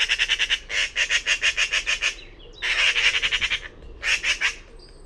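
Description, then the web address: Bird delivering several bouts of quick, harsh pulsed squawks, with brief pauses and a faint thin whistle between. "cianscape birddata Deverinetal"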